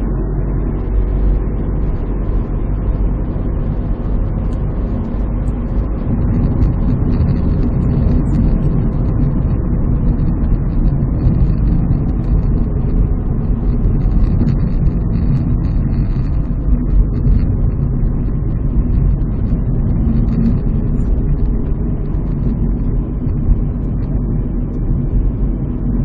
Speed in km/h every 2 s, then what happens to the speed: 78, 79, 80, 78, 74, 66, 61, 55, 53, 52, 52, 49, 52.
0-7 steady at about 78. 7-15 slows to 53. 15-26 steady at about 52.